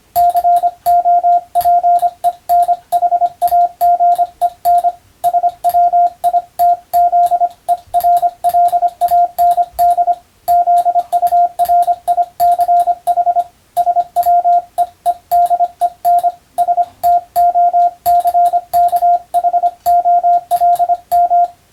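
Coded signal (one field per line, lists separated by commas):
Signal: Morse code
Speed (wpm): 25 wpm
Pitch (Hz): 700 Hz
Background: radio noise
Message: COPENHAGEN SWITZERLAND ZURICH SWEEDEN STOCKHOLM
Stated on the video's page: CW sent for training for the Japanese radio operator exam telegraphy subject, using European-language telegram practice texts; also suited to amateur receiving practice.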